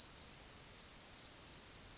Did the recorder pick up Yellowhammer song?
no